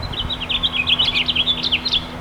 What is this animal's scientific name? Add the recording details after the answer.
Haemorhous mexicanus. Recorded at Babylon on Long Island, New York, on 18 May 2013. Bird C